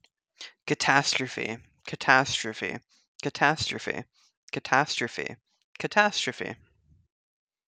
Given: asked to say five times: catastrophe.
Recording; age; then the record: repeated word; 20 to 29 years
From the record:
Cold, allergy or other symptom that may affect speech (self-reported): no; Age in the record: 27 years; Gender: other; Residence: Iowa, United States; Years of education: 16